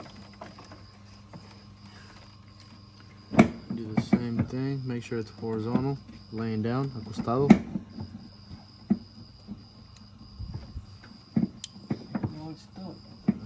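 A white wire connector is laid horizontal and pushed into a switch-on-the-fly harness. Someone talks while handling it, with a sharp plastic click at 11.6 seconds as it seats. The connector is confirmed seated.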